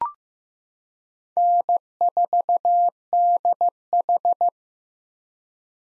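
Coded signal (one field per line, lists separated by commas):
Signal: Morse code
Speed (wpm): 15 wpm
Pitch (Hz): 700 Hz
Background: none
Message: N4DH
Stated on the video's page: Morse practice of common POTA hunter call signs at 15 wpm, each sent, spoken, then sent again for head-copy.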